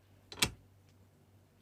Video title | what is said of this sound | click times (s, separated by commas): Canon M-50 Combo Vlog Kit (Happy Father's Day Best Vlogging Camera Gift) | click lens cap | 0.3 s, 0.4 s